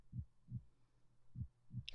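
A teacher's adult heartbeat heard through a stethoscope: two calm, regular lub-dub cycles of low-pitched normal heart sounds, unhurried and soothing in rhythm.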